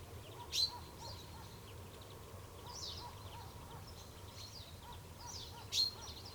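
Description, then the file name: Common chaffinch giving two short, sharp, high call notes about five seconds apart, with faint chirps from other birds and a low steady rumble behind. "Fringilla coelebs"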